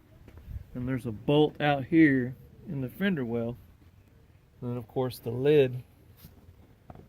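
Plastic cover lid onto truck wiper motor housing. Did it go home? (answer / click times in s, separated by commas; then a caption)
yes / 6.9 s. A plastic cover lid is pressed back onto the wiper/washer motor housing of a Chevy/GMC truck while someone talks. The lid clicks back into place with two short, sharp clicks at 6.9 and 7.0 seconds, and it is seated.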